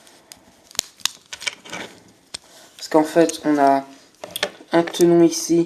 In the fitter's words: on va déclipser les côtés ici qui vont faire les jambesen